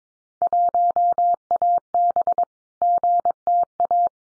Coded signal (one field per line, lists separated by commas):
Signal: Morse code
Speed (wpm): 22 wpm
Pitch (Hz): 700 Hz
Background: none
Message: 1AB GTA